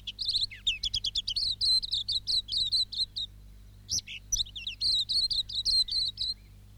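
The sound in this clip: Silvereye song: a quick run of high, thin chirps, then a sustained warbled chatter with a brief break midway.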